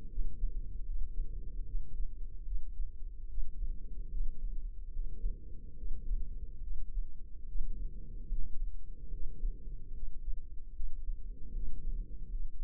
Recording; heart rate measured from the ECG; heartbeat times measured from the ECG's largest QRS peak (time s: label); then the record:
heart sounds by microphone in the left ear; 74 bpm
0.07 s: heartbeat
0.84 s: heartbeat
1.63 s: heartbeat
2.43 s: heartbeat
3.26 s: heartbeat
4.08 s: heartbeat
4.90 s: heartbeat
5.74 s: heartbeat
6.58 s: heartbeat
7.43 s: heartbeat
8.27 s: heartbeat
9.09 s: heartbeat
9.91 s: heartbeat
10.71 s: heartbeat
11.51 s: heartbeat
12.28 s: heartbeat
From the record:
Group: healthy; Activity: rest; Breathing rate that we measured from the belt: 16 breaths a minute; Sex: female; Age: 32 years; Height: 172 cm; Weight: 71.7 kg